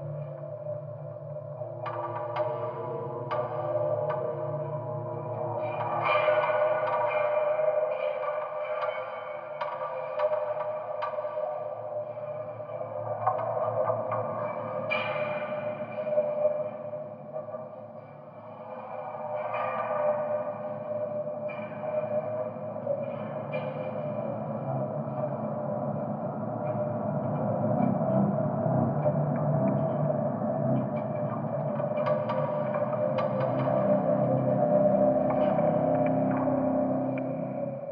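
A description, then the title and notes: Contact microphones on a large metal gate and old gasometer pick up a deep, sustained metallic drone that rings like a struck gong. Wind stirs it constantly, with brighter creaks and clanks surfacing every few seconds over the steady low hum. This ambient track is from combining 2 field recordings on a windy day using 2 contact microphones attached to a large chain mesh gate and a large heritage listed decommissioned Gasometer now used for public recreation.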